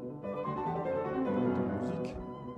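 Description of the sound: A rich, full tonal sound with several shifting pitches, much like music, stays steady in loudness over about two and a half seconds. It is an unaltered example of what a normal sound is like with normal hearing, before a cochlear implant simulation.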